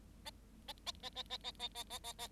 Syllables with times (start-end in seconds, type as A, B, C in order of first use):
0.68-0.73 A, 0.86-0.92 A, 1.02-1.09 A, 1.15-1.23 A, 1.30-1.37 A, 1.43-1.51 A, 1.59-1.68 A, 1.75-1.83 A, 1.90-1.98 A, 2.04-2.13 A, 2.18-2.28 A